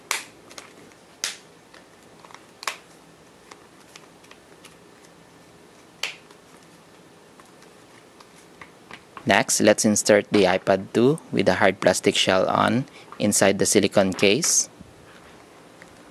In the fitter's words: then press on the sides until everything snaps into place